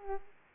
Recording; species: mosquito wingbeat signal from an infrared sensor; Aedes aegypti